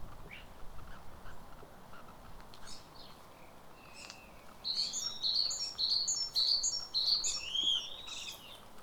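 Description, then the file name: Great tit calls: after a quiet start, a rapid run of high, slightly downslurred paired notes repeated steadily for several seconds, with faint background chirps. "Parus major"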